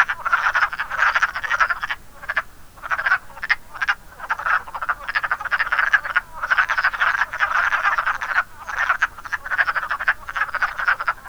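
Wood frog chorus of hoarse, chuckling croaks, groups of fast pulses rising and falling in loudness, with brief gaps between clusters.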